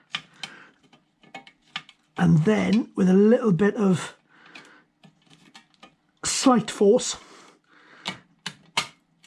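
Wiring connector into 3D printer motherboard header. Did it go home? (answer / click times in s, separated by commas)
yes / 8.5 s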